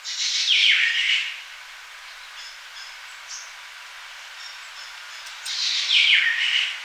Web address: malia calls